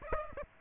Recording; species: mosquito wingbeat signal from an infrared sensor; Aedes aegypti